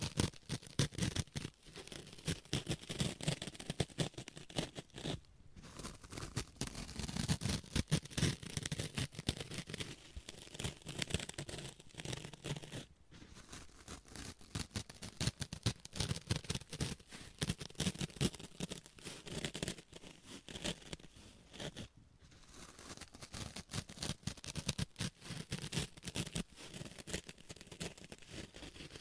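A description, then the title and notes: Sponges rub, scratch and squish against a microphone in a dense, continuous run of rough brushing strokes and crinkly crackles. The texture stays busy throughout, with rapid irregular bursts, and brief near-silent gaps break it around 5, 13 and 22 seconds. ASMR Sponges on Mic Scratching, Brushing, Squishing, Crinkle etc No Talking.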